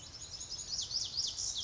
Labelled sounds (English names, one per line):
Lazuli Bunting